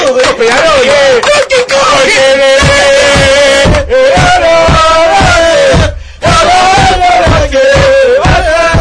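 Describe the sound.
A loud crowd cheers and yells continuously to welcome a guest on the show Locos X El Fútbol, a dense roar of voices with a sustained shouted tone and clapping running through it, dipping briefly for a moment before surging back.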